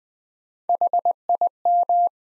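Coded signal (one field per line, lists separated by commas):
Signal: Morse code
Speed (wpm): 20 wpm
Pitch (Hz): 700 Hz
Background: none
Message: HIM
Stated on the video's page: Morse practice at 20 wpm sending sets of two words with 4x word spacing, a Farnsworth-like approach applied to words.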